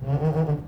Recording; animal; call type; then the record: contact call of a hoofed animal; goat; low-frequency (closed-mouth) or high-frequency (open-mouth) call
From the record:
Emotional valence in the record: positive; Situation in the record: food anticipation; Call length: 0.68 s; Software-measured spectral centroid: 1090 Hz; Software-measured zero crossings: 650 a second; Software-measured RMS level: -24 dBFS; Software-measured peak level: -13 dBFS